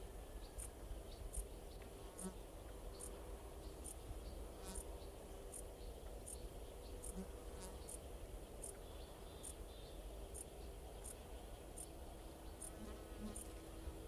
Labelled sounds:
Dark Bush-cricket (Pholidoptera griseoaptera) stridulation
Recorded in the wild
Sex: male
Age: imago
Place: Strausberg, Barnim, Brandenburg, DE
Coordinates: 52.5375, 13.8989
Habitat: meadow
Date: 1989-08-13 18:29
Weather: sonnig, 22°C in Sonne
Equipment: Riporter 6 RG-K, Halbspur, Sennheiser MKH 416 T
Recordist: Frommolt, Karl-Heinz

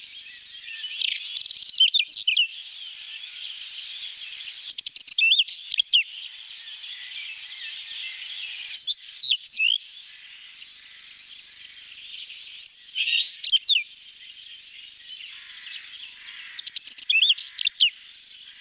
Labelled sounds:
Whinchat (Saxicola rubetra) song
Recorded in the wild
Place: Waltershofen / Freiburg im Breisgau, Baden-Württemberg, DE
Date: 1977-06-24
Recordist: Schwarz, Dieter

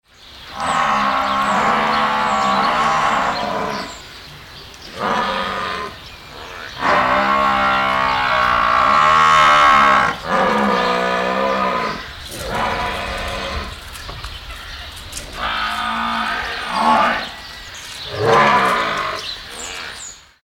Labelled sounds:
Water Buffalo (Bubalus bubalis)
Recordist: Tembrock, Günter
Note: Langlaute

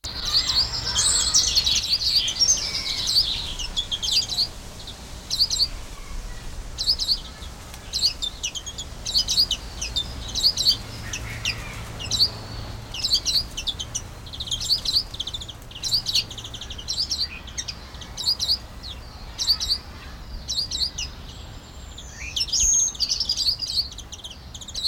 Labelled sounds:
Common Redpoll (Carduelis flammea)
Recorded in captivity
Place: Zoo Dresden, Sachsen, DE
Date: 1995-05-17 14:15
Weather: bedeckt, 12°C
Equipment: Marantz CP 430, Sennheiser ME 80, Kopie Uher 4000 Report Monitor
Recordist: Tembrock, Günter

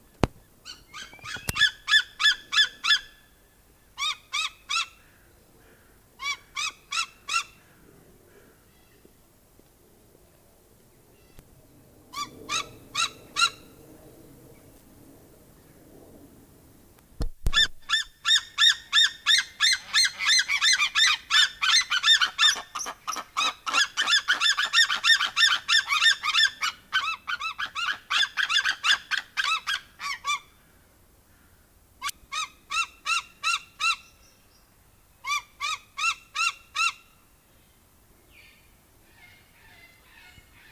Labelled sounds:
White-tailed Eagle (Haliaeetus albicilla) call
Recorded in captivity
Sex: pair
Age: adult
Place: Tiergarten Wilhelma/Stuttgart, Baden-Württemberg, DE
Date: 2000-09-22 18:26
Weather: bedeckt, 15°C
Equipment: Nagra SN, Kopie Uher 4000 Report Monitor
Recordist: Tembrock, Günter

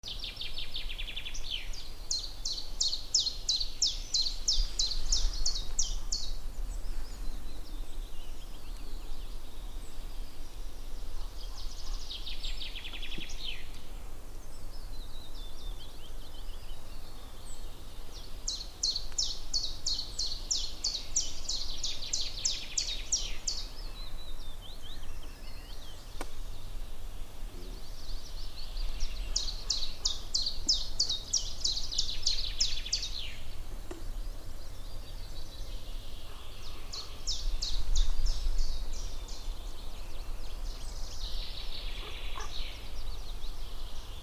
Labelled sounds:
Common Chiffchaff (Phylloscopus collybita) song
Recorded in the wild
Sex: male
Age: adult
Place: Waldsieversdorf, Rotes Luch, Brandenburg, DE
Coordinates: 52.5408, 14.0453
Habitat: wood
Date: 1992-04-30 10:30
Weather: fair, 15°C
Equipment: Aiwa HD-S1, Sennheiser ME 80
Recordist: Frommolt, Karl-Heinz

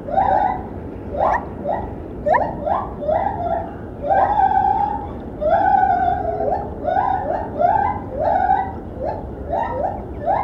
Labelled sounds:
Lar Gibbon (Hylobates lar)
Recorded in captivity
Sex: pair
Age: adult
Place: Tierpark Berlin, Berlin, DE
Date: 1972-12-16
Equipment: Uher 4200 Report Stereo, Sennheiser MD 421
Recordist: Tembrock, Günter

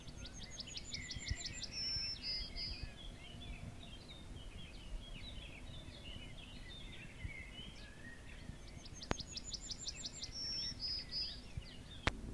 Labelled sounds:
Yellowhammer (Emberiza citrinella)
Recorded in the wild
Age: adult
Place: Schielleitn, AT
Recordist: Brunner, Thomas
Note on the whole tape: Aufnahme: Mitte Juni, Schielleitn, Steiermark

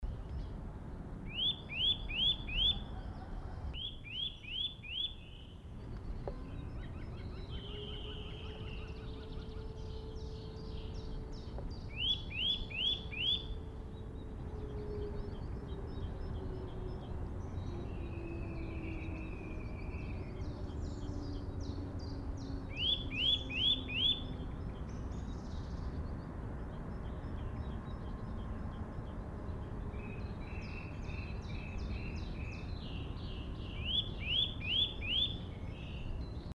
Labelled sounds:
Eurasian Nuthatch (Sitta europaea) call, Common Chiffchaff (Phylloscopus collybita), Great Tit (Parus major)
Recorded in the wild
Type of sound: call
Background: Phylloscopus collybita, Parus major
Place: Hafling, Bozen, IT
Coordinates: 46.5306, 10.9525
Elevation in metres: 1302
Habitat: mountains
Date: 1981-03-26
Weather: bedeckt
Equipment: Uher 4000 Report, Sennheiser MKH 815 T
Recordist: Tretzel, Erwin
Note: Oben auf der Kehre vor dem Ultental, Bozen, Italien: Rufe "wüi"

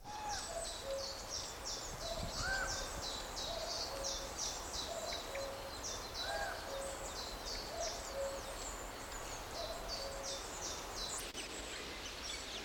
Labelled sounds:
Common Chiffchaff (Phylloscopus collybita)
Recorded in the wild
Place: Schildow, NSG, Kalktuffgelände am Tegeler Fließ (NSG Schildow), Berlin, DE
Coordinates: 52.642, 13.37
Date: 1992-07-04 11:00
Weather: sonnig (schwül), 24-28°C
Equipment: Marantz CP 430, Sennheiser ME 80, Kopie Tesla B 116
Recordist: Tembrock, Günter

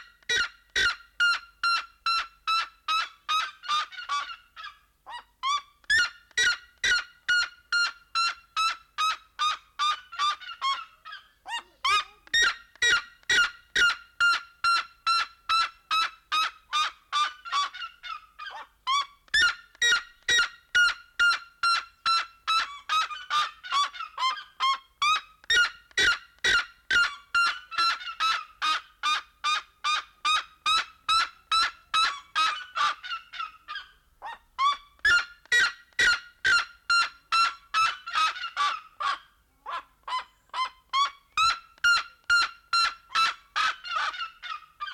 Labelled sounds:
Black-legged Seriema (Chunga burmeisteri) call
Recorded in captivity
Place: Zoo Berlin, Berlin, DE
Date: 1992-08-01 11:55
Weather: sonnig, 24-26°C
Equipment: Marantz CP 430, Sennheiser ME 80, Kopie Tesla B 116
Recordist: Tembrock, Günter

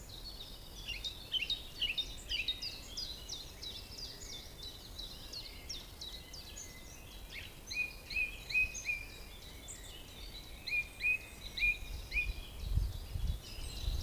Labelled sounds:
Song Thrush (Turdus philomelos) song
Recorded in the wild
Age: adult
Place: Lübars (Fließtal), Berlin, DE
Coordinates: 52.6167, 13.35
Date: 2001-04-28 12:22
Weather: fair, ca. 15°C
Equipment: Nagra SN, Kopie Uher 4000 Report Monitor
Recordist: Tembrock, Günter

